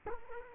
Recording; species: mosquito wingbeat signal from an infrared sensor; Culex quinquefasciatus